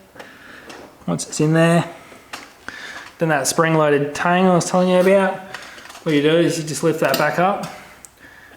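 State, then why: Seated. A spring-loaded wire retaining clip is lifted back up over a headlight bulb in the headlight housing while someone talks. A short, sharp click at 8.0 s marks the clip seating into place.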